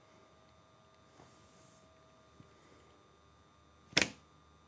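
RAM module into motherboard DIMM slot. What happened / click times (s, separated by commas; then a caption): The memory module clicked into its slot / 4.0 s. The last of four RAM modules is pressed into its motherboard DIMM slot, seating with one sharp, bright click at 4.0 s. Before the click there is only a quiet background with faint, soft handling noises, and a small tick around 2.4 s. The module ends up fully seated, the final stick of the set.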